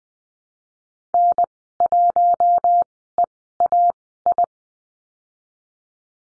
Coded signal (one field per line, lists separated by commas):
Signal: Morse code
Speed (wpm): 20 wpm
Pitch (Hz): 700 Hz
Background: none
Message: N1EAI